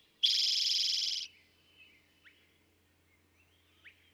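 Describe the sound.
Eastern towhee gives a single loud buzzy trill of about a second, then only soft scattered chips and faint bird notes.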